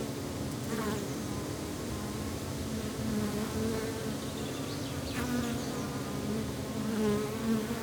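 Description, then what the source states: Bees hum in a steady, slightly wavering drone, with wind blowing in the background. Bees in the countryside, with wind.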